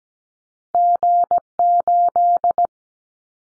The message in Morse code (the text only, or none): G8